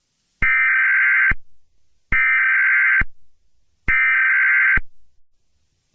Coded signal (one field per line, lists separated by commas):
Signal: Emergency Alert System (SAME) tones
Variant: header bursts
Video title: EAS scenario 8: among us